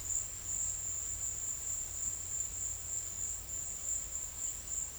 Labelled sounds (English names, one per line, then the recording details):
none
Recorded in secondary vegetation near Puerto Asís, Putumayo, Colombia, on 22 December 2024 at 14:00
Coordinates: 0.488, -76.319
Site GP04